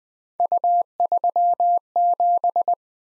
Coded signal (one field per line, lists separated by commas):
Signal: Morse code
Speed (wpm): 20 wpm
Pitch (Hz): 700 Hz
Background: none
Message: U37